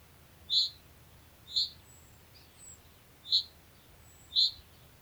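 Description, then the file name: Common chaffinch calls: four loud, short high notes and one faint one, about a second apart. "Fringilla coelebs"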